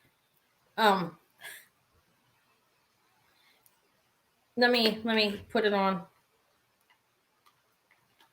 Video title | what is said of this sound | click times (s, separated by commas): Jewely Auction: See Description for Jewelry to be Offered | or yeah it clicks listen well it it has a little click going on there like a click | 7.9 s